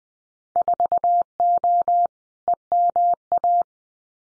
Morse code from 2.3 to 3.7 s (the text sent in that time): EMA